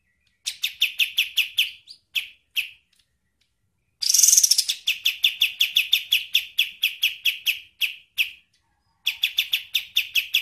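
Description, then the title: Songbird chirping in fast runs of sharp, bright notes repeated several times a second, broken by short pauses and one harsh, rasping burst midway. "Masteran Burung"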